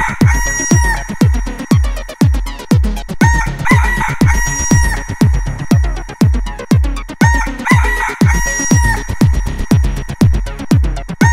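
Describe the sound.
Rooster crow, drawn out and held, repeating several times in a looped pattern while a heavy rhythmic thump beats about twice per second underneath.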